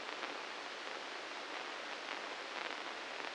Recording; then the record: brain microelectrode recording played as sound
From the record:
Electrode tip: inside the subthalamic nucleus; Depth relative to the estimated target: 0 mm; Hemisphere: right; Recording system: NeuroSet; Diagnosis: Parkinson's disease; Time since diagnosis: 9 years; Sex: male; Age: 61 years